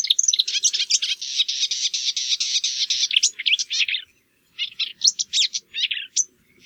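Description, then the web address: Marsh warbler song with a long, harsh buzzy rattle, followed by scattered varied chirps and twittering phrases after a short pause. "geluiden bosrietzanger"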